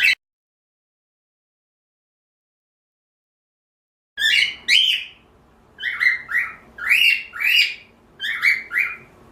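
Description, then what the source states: Cockatiel calls: a brief note, a long silence, then several harsh chirps in irregular clusters. Pearl cockatiel.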